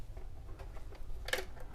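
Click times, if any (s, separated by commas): 1.3 s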